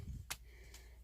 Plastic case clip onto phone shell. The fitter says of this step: There's some little clips around here that snap in.